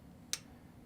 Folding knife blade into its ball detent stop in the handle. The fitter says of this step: it opens at the half stop locks in place and then